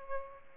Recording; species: mosquito wingbeat signal from an infrared sensor; Aedes albopictus